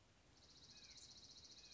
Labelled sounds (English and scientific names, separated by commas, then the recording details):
Dark-eyed Junco (Junco hyemalis)
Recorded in Sonoma County, California